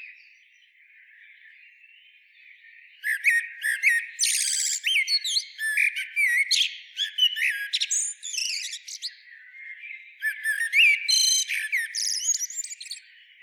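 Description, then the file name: Eurasian blackbird delivering long runs of high, scratchy twittering with whistled slides and quick clicks, starting after a quiet opening, with a short break before the last run. "Turdus merula"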